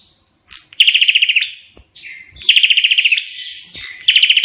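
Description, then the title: Prinia song: two loud, rapid rattling trills of fast even pulses and the start of a third, separated by soft chirps and short slurred notes. Indonesian prenjak in vigorous full song (gacor), its call described as sounding like AK-47 gunfire. "Burung Prenjak Gacor Suara Tembakan Ak-47"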